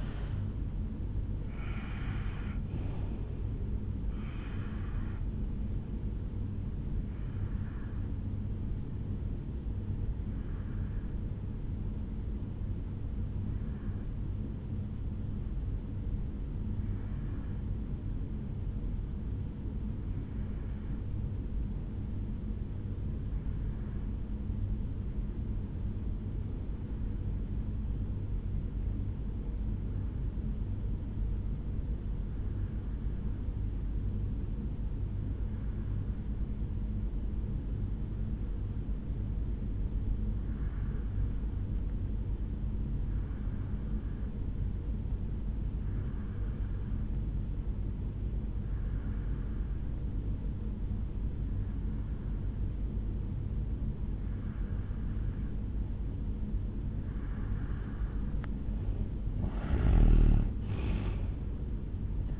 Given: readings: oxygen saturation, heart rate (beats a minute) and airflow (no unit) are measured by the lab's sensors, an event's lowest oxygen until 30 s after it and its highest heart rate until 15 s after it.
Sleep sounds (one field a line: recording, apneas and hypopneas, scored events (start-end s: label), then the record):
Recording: breathing in sleep by a smartphone at the bedside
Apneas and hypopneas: 1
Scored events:
8.00-57.80 s: hypopnea (N2, oxygen 96% highest, then 84% lowest, heart rate 67 at the start, 73 highest)
From the record:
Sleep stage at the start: N2 (light sleep)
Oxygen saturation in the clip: 85 to 96%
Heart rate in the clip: 53 to 73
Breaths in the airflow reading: 18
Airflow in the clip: -9.5 to 9.4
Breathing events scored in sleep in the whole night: 449 in 7.0 hours asleep